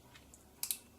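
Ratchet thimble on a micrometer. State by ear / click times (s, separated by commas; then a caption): torque reached / 0.6 s, 0.7 s. An inexpensive inside micrometer is closed up until its ratchet (friction) thimble slips at the set measuring force. Two short, bright clicks are heard at 0.6 s and 0.7 s, after fainter ticks near 0.2 s and 0.3 s. The thimble clicks cleanly at its setting.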